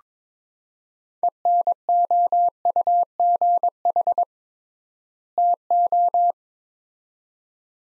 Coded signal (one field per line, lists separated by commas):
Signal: Morse code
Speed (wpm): 22 wpm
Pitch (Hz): 700 Hz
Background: none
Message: ENOUGH TO